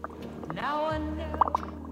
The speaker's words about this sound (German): Der Porsche klatscht ins Wasser. Der Porsche gurgelt.